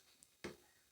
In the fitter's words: you have positive uh yeah positive click in here